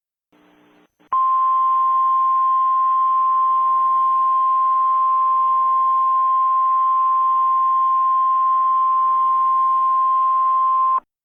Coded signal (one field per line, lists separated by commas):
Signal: Emergency Alert System (SAME) tones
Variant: 1050 Hz attention tone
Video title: Test EAS Scenario: Heightened Aggression Virus